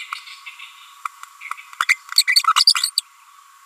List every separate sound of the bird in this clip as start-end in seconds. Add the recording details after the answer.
1.82-1.84, 1.89-1.93, 2.27-2.35, 2.67-2.74, 2.97-3.00. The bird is a female. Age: 30 days. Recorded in a nest box in Venezuela. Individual 17B42A4